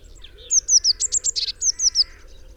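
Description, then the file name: Eurasian blue tit in a fast series of high, sharp downslurred notes with a brief buzzy churr in the middle. "Cyanistes caeruleus"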